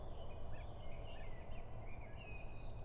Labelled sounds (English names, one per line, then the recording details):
Common Blackbird
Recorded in Germany
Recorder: ecoPi